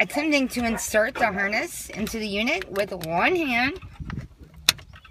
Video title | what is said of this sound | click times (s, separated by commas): Pyle PLDN74BT 7" Double DIN In-Dash Multimedia with Bluetooth: UNBOXING, INSTALL, DEMO, & REVIEW | There we go, I heard a click. | 4.7 s